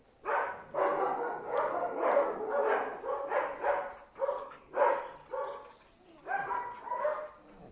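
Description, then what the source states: Dog barks come in a dense, rough run of overlapping woofs, then spaced single and double barks toward the end. Ten dogs barking.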